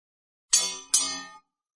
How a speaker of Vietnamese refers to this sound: Hàn Lập nghe được một tiếng leng keng nhẹ vang lên.